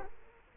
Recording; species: mosquito wingbeat signal from an infrared sensor; Culex quinquefasciatus